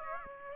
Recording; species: mosquito wingbeat signal from an infrared sensor; Aedes aegypti